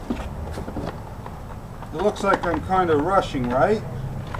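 A plastic clip is handled on the door actuator/latch assembly of a 2002 Honda CR-V, about to be pushed on. Over low background noise, a few faint short ticks are heard, and someone talks from about 2 seconds onward. Nothing has seated or clicked yet.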